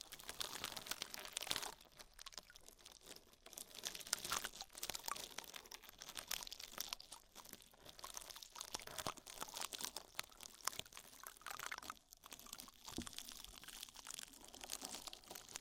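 Ear massage with oil and foam: dense, constant crinkly crackling and squishing, bright and busy, with brief dips near twelve seconds.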